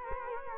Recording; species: mosquito wingbeat signal from an infrared sensor; Culex quinquefasciatus